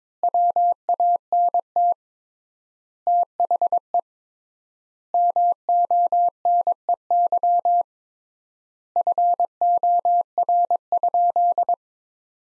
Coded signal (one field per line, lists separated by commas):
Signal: Morse code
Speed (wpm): 22 wpm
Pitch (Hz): 700 Hz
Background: none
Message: WANT THE MONEY FOR?